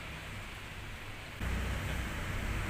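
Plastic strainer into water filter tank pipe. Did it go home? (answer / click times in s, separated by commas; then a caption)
no / none. A plastic upper strainer is being fitted into the pipe of a water filter tank, to be pushed in and turned to the right to twist-lock. Only steady broadband noise is heard, rising in level at about 1.4 s. Nothing has seated or clicked yet.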